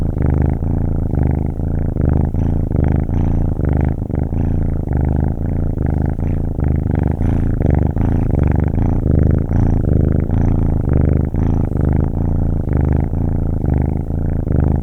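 Cat: kitten purring, a steady low rumbling purr with soft rhythmic pulses of breathing in and out, continuous throughout.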